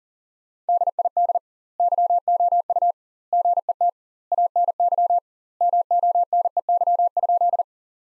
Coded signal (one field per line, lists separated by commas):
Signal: Morse code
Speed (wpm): 40 wpm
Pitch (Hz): 700 Hz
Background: none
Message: DID YOU GET ANY MONEY?